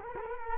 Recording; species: mosquito wingbeat signal from an infrared sensor; Culex quinquefasciatus